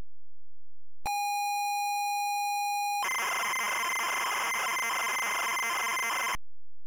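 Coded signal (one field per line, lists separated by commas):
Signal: ZX Spectrum tape loading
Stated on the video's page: ZX Spectrum tape loading of the 1985 Mastertronic game Loco-Motion.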